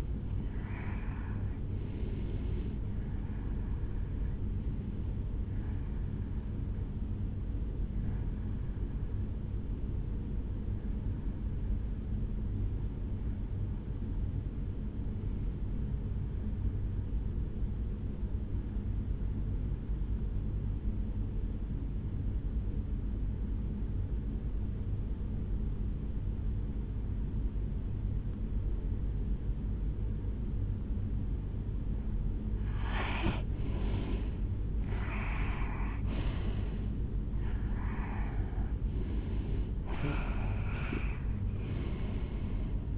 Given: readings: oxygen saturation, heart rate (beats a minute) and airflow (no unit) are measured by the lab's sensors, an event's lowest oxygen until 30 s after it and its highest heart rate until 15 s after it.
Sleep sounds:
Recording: breathing in sleep by a smartphone at the bedside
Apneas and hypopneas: 1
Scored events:
14.00-33.70 s: hypopnea (N2, oxygen 92% highest, then 83% lowest, heart rate 67 at the start, 73 highest)
From the record:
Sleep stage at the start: N2 (light sleep)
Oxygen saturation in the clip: 85 to 92%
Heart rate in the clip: 67 to 73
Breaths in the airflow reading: 14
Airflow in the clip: -8.6 to 6.0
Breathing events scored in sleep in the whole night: 449 in 7.0 hours asleep

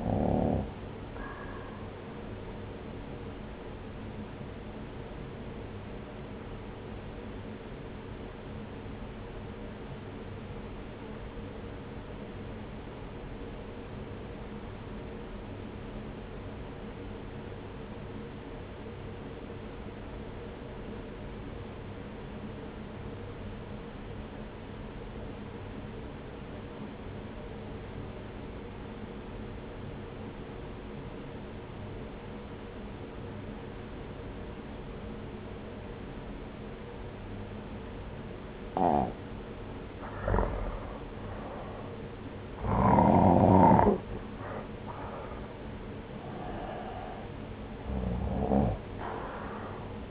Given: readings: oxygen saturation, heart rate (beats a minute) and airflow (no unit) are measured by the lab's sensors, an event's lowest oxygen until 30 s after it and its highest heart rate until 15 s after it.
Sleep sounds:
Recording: breathing in sleep by a voice recorder at the bedside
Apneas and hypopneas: 1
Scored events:
7.00-41.00 s: obstructive apnea (N1, oxygen 96% highest, then 85% lowest)
From the record:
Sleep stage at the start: N1 (lightest sleep)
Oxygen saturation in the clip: 85 to 96%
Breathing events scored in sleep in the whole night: 303 in 8.1 hours asleep

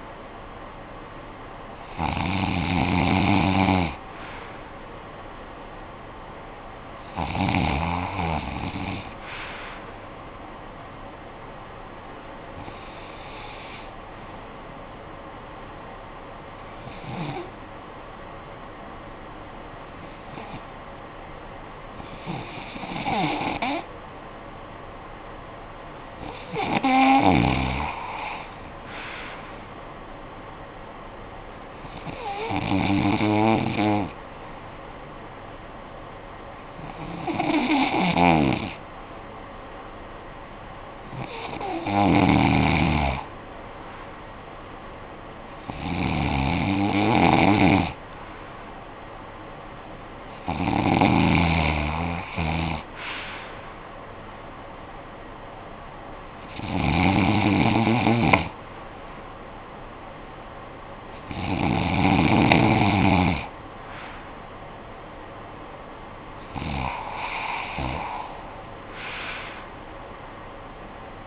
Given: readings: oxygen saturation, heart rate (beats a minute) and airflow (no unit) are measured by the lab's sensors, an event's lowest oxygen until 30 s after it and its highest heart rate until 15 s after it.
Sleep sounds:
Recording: breathing in sleep by a voice recorder at the bedside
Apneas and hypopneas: 1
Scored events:
17.00-32.50 s: hypopnea (REM, oxygen 96% highest, then 92% lowest, heart rate 58 at the start, 70 highest)
From the record:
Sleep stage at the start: REM sleep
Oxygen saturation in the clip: 91 to 96%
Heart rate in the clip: 52 to 73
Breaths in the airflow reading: 15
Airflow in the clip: -16.8 to 10.2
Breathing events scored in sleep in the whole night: 445 in 7.6 hours asleep

